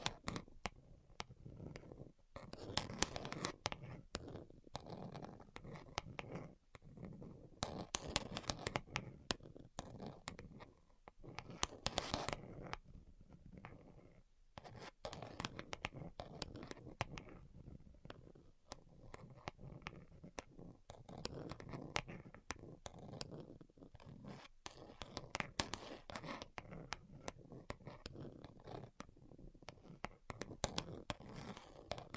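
Dense, rapid tapping and scratching continue for the whole half minute, with quick sharp clicks over a rustling, crinkling texture. Brief pauses fall near 2, 7, 14 and 24 seconds, and a brighter hiss flares around 12 seconds. No voice is heard.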